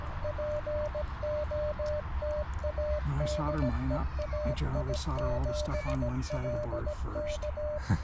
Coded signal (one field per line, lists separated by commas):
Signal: Morse code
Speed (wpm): 17 wpm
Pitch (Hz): 600 Hz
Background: speech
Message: POTA DE AI7LK